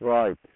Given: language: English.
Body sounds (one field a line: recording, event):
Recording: throat vibration sensor signal played as sound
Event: speech